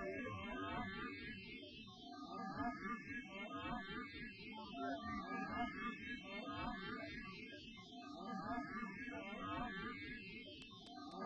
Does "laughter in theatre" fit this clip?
yes